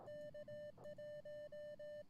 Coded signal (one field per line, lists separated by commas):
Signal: Morse code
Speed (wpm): 18 wpm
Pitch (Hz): 600 Hz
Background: none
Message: K1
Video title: Radio Prepper Livestream on July 7th 2004.